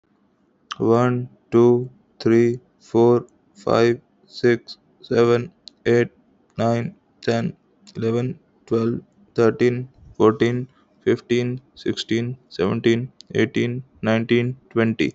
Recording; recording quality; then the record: counting at a normal pace; excellent, no background noise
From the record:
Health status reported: respiratory illness, not identified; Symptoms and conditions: fever, hypertension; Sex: male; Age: 26 years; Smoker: not ticked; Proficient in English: yes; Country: India